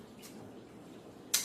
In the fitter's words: And you heard the click then that's ready.